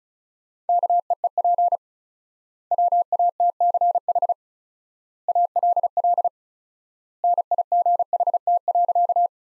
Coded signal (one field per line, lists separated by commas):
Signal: Morse code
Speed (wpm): 36 wpm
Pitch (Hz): 700 Hz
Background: none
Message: KEEP WATCH ALL NIGHT.